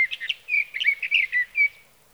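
Sage thrasher song, a continuous run of varied warbled notes and short whistled phrases lasting nearly two seconds, then silence.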